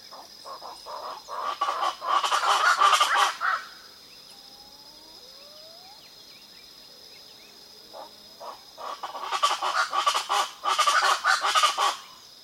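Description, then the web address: Speckled chachalaca giving harsh, raucous repeated calls in two loud bursts separated by a quiet pause, with a steady high insect drone throughout. Eastern lowlands of South America. "Natures Songs S America Eastern Lowlands. Speckled Chachalaca"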